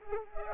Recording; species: mosquito wingbeat signal from an infrared sensor; Culex pipiens